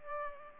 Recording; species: mosquito wingbeat signal from an infrared sensor; Culex pipiens